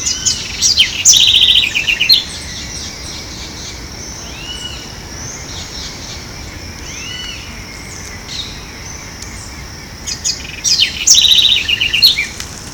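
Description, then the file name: Southern house wren song in two bursts of quick, jumbled high notes and trills, separated by a quieter stretch. Ibirapuera Park, São Paulo, Brazil; dated 30-10-12. "Troglodytes-musculus-Ibirapuera Park-SP-Brazil-30-10-12-ASilveira"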